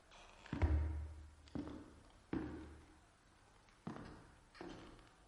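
Five slow, uneven footsteps of a man in creaking shoes, each landing as a low, heavy thud with a brief ringing tail, alone with no talking.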